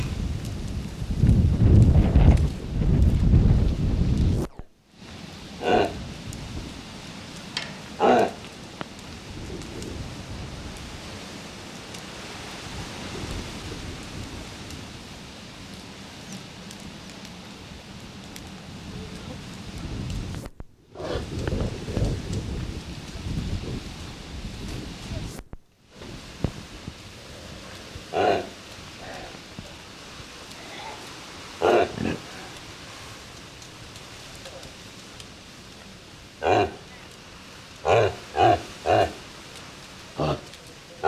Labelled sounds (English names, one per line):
Reindeer call